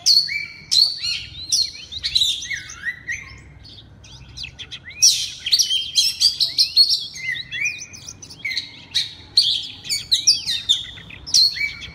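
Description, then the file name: Oriental magpie-robin song: loud, varied whistled phrases with rising and falling notes and sharp chips, coming in bursts with a brief quieter pause near the middle. Loud song in the ngeplong style. "suara kacer ngeplong keras"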